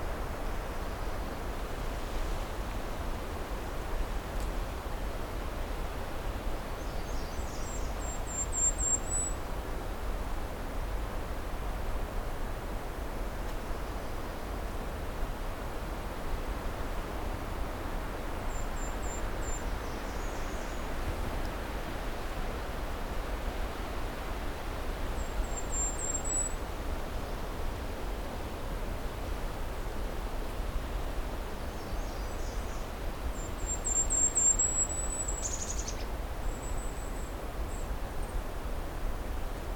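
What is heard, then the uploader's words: Birds in a cedar swamp call over a steady, dense hiss that fills the whole recording. High, thin chirps and short trills come every few seconds, near 8, 19, 26 and 34 seconds, with a brief sharper burst around 35 seconds. Scouting Pine Tree Harbour, Part 2. I’m continuing the hike along the trail north of Pine Tree Harbour, about to come across a cedar swamp with a very different mix of bird species than I’ve been finding around this area.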